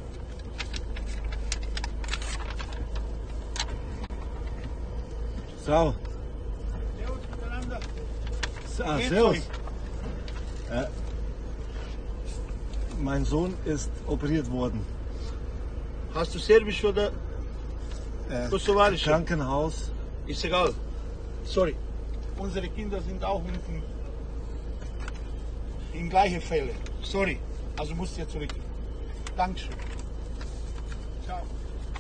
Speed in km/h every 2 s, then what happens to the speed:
0, 0, 0, 0, 0, 0, 0, 0, 0, 0, 0, 0, 0, 0, 0, 0.
0-32 standing.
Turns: none.